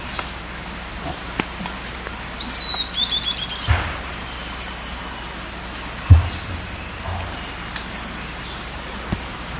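Bird call: a thin high whistle followed by a brief run of three or four quick descending chirps, over steady background hiss with a few soft thumps.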